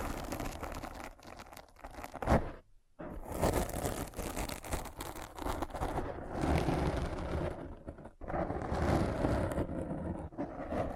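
Dense scratching and crinkling rustles fill the clip continuously, briefly stopping near three seconds and again around eight, then resuming.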